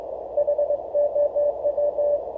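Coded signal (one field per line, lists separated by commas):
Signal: Morse code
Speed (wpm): 19 wpm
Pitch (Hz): 580 Hz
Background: none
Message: HOW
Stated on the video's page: Morse on QRP rigs, an OHR WM-2 and NorCal 40B, keyed with an external PicoKeyer.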